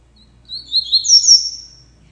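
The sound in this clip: Double-collared seedeater song, a quick run of high sweet notes rising into two loud bright whistled slurs, then fading away.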